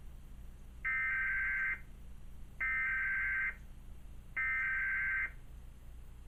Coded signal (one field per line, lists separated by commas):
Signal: Emergency Alert System (SAME) tones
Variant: header bursts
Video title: National Emergency Alert System Test with audio failure.